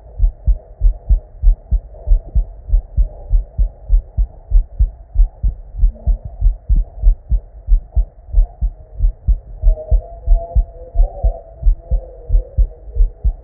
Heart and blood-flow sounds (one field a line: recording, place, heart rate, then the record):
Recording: heart sounds by stethoscope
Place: Erb's point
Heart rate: 90 bpm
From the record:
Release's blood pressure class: normal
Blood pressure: 109/59 mmHg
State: at rest